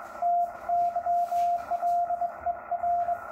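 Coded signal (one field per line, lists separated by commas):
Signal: Morse code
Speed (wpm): 22 wpm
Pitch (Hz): 700 Hz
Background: none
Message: TYLER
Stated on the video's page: Sent on a bug.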